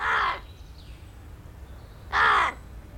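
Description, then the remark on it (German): A large black bird, a crow settling on a front door, gives two loud, harsh caws, each under half a second long, with a quiet pause of nearly two seconds between them and faint background hiss. “Ein großer schwarzer Vogel lässt sich auf der Vordertüre neben Lodger nieder.”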